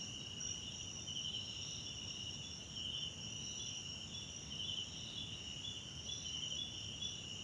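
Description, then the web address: Crickets trilling in a dense night chorus: a steady high ringing drone with brighter pulsed bursts at uneven intervals, over a low rumbling background. South African crickets in the background at night in a wetland park at Kosi Forest Lodge, South Africa. "Tonschliff - SOUTH AFRICAN CRICKETS BG South Africa Wetland Park Kosi Forest Lodge Night"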